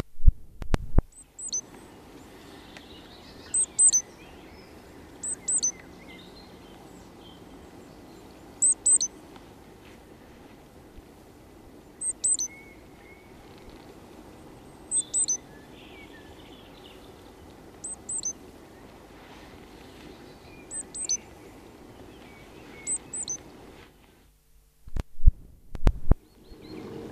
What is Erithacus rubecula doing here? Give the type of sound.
song